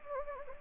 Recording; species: mosquito wingbeat signal from an infrared sensor; Anopheles gambiae